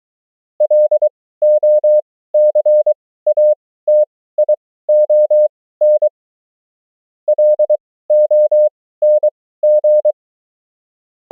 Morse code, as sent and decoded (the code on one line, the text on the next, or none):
.-.. --- -.-. .- - .. --- -. / .-.. --- -. --.
LOCATION LONG